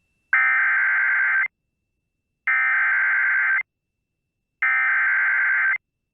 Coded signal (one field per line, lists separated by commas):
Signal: Emergency Alert System (SAME) tones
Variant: header bursts